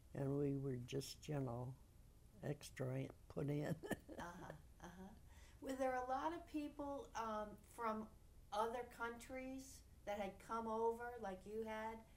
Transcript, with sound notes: And we were just, you know, extra, put (she laughs)
Were there a lot of people from other countries that had come over like you had